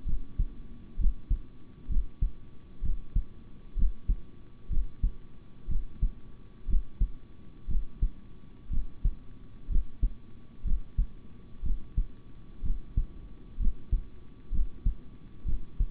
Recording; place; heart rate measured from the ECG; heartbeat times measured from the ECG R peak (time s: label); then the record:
heart sounds by stethoscope; between the tricuspid and mitral areas; 62 bpm
0.05 s: heartbeat
0.97 s: heartbeat
1.88 s: heartbeat
2.82 s: heartbeat
3.75 s: heartbeat
4.69 s: heartbeat
5.68 s: heartbeat
6.67 s: heartbeat
7.67 s: heartbeat
8.69 s: heartbeat
9.68 s: heartbeat
10.63 s: heartbeat
11.62 s: heartbeat
12.62 s: heartbeat
13.58 s: heartbeat
14.51 s: heartbeat
15.45 s: heartbeat
From the record:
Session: rest, sitting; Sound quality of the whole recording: good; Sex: male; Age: 26 years